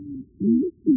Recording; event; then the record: neck accelerometer signal played as sound; no cough (speech, laughter, throat clearing or background)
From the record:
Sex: female